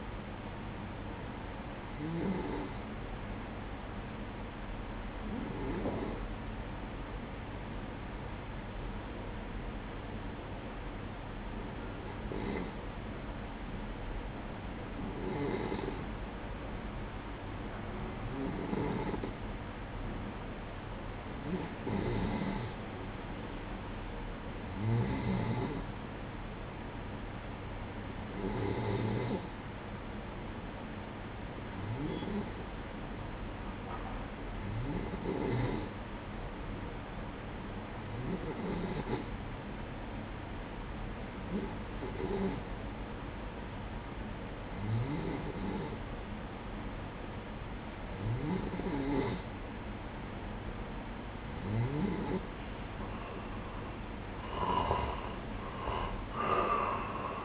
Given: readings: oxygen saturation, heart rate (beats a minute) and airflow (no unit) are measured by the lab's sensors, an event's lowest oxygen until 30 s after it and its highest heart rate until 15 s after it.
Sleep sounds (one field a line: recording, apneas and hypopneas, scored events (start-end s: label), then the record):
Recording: breathing in sleep by a voice recorder at the bedside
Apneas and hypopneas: 1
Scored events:
4.00-19.40 s: hypopnea (N2, oxygen 95% highest, then 91% lowest, heart rate 62 at the start, 63 highest)
From the record:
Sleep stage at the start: N2 (light sleep)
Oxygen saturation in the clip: 91 to 95%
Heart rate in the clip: 60 to 64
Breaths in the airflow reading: 17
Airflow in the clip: -8.7 to 10.0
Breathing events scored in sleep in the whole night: 180 in 6.7 hours asleep